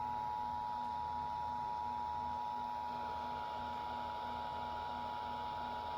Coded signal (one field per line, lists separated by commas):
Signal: Emergency Alert System (SAME) tones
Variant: 853 and 960 Hz attention tone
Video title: Tests (EAS 488-492)